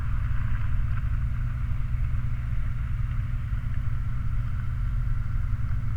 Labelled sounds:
truck
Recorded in the Prudhoe Bay oil fields, Alaska, on 29 July 2019 at 00:02
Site 29

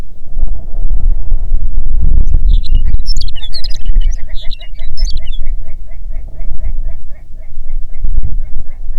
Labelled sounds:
songbird, grouse or ptarmigan, wind
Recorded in the Prudhoe Bay oil fields, Alaska, on 6 June 2019 at 04:44
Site 16

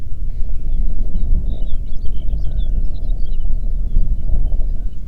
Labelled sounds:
songbird, waterfowl, wind
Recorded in the Prudhoe Bay oil fields, Alaska, on 8 June 2019 at 05:01
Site 30

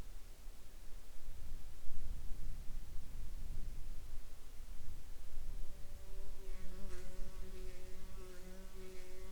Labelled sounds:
insects
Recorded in the Arctic National Wildlife Refuge, Alaska, on 16 July 2021 at 07:07
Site 37

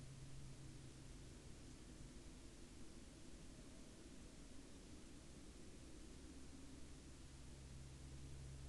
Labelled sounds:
man-made sound
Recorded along the Dalton Highway, Alaska, on 6 April 2019 at 00:50
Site 06

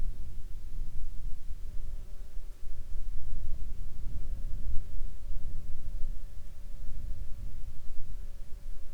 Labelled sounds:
insects
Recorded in the Prudhoe Bay oil fields, Alaska, on 10 July 2019 at 14:22
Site 21

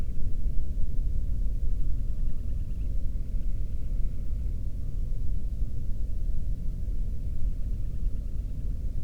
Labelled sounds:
bird
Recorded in the Prudhoe Bay oil fields, Alaska, on 13 June 2019 at 00:32
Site 30

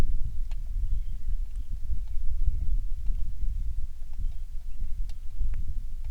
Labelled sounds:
songbird, rain
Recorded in the Prudhoe Bay oil fields, Alaska, on 27 July 2019 at 18:43
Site 19

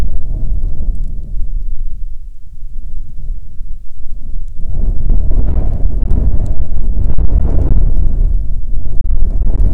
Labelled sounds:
wind
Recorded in the Prudhoe Bay oil fields, Alaska, on 5 June 2019 at 00:00
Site 13

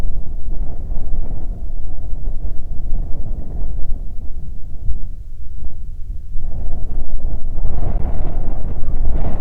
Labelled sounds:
wind
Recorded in the Prudhoe Bay oil fields, Alaska, on 8 July 2019 at 01:56
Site 25

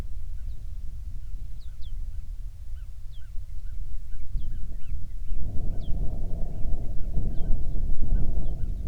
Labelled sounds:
songbird, wind
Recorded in the Prudhoe Bay oil fields, Alaska, on 7 July 2019 at 00:01
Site 16

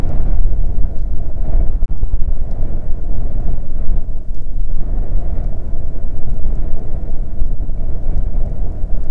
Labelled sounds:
wind
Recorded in the Arctic National Wildlife Refuge, Alaska, on 5 June 2019 at 00:00
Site 38

